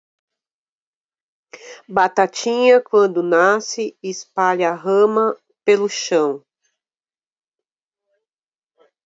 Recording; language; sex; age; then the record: short text; Brazilian Portuguese; female; 50 to 59 years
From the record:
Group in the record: control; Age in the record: 52 years